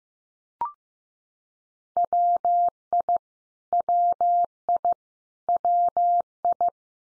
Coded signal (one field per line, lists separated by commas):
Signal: Morse code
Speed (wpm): 15 wpm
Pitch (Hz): 700 Hz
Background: none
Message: WI WI WI